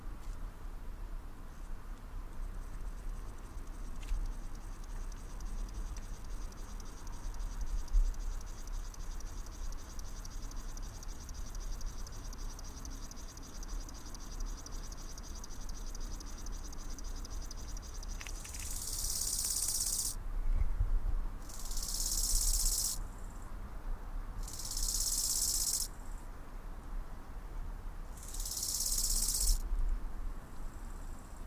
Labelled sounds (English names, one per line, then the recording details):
Bow-winged Grasshopper stridulation
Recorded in the wild
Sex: male
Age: imago
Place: Waldsieversdorf, Märkische Schweiz, Brandenburg, DE
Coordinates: 52.5331, 14.0719
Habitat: dirt road
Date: 1992-08-22 14:45
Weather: sunny, 27°C
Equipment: Sony WM-D6C, Sennheiser ME 80, K 30 AV
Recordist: Frommolt, Karl-Heinz